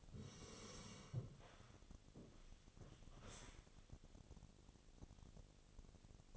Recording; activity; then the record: daily activity, microphone in the room; sit down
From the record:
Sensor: 4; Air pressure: 1001.2 hPa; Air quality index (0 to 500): 183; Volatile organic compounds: 2 ppm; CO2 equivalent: 1312 ppm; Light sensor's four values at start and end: 13/30/12/12 and 13/31/12/12